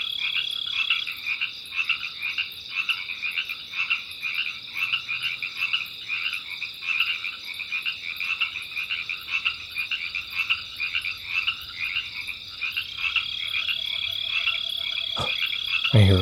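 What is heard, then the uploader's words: Frogs call in a dense, rapid chorus of croaks, repeating in quick pulses throughout with a steady high ringing tone above them. Near the end the chorus grows louder, and a sharp click or knock lands at about fifteen and sixteen seconds. The Blue Oaks of Sequoia. The blue oak woodlands in Sequoia National Park in California. A multitude of creatures, great and small, amid the sonic grandeur of nature.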